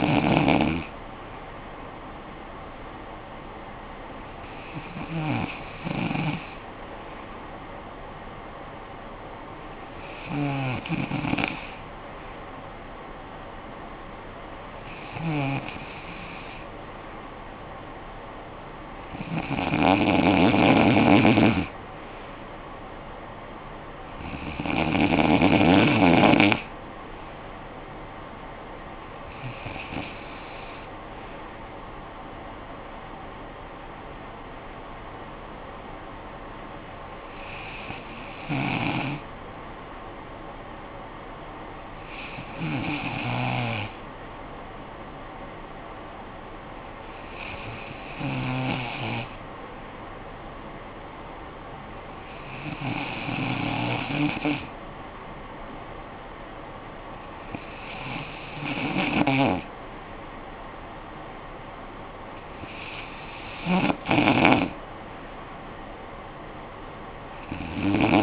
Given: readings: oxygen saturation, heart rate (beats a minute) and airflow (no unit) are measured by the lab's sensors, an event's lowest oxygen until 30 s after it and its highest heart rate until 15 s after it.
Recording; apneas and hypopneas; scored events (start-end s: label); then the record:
breathing in sleep by a voice recorder at the bedside; 1
33.00-56.40 s: hypopnea (N2, oxygen 95% highest, then 92% lowest, heart rate 57 at the start, 58 highest)
From the record:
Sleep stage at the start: N2 (light sleep); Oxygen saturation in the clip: 93 to 95%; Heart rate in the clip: 49 to 57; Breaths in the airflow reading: 14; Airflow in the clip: -9.5 to 5.8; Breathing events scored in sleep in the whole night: 445 in 7.6 hours asleep